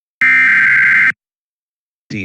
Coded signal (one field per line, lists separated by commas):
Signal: Emergency Alert System (SAME) tones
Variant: header bursts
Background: speech